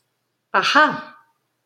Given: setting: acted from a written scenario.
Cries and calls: vocal sound without words; positive surprise

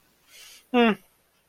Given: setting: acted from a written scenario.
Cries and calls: vocal sound without words; neutral

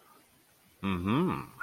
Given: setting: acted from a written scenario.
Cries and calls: vocal sound without words; desire

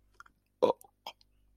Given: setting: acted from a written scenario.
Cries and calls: vocal sound without words; disgust

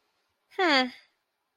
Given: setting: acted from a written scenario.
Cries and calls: vocal sound without words; neutral

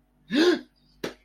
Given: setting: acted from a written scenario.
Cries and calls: vocal sound without words; fear

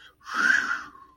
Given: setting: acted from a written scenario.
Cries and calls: vocal sound without words; relief

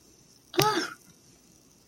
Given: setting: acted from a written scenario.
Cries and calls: vocal sound without words; distress

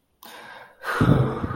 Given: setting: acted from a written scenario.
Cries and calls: vocal sound without words; contentment

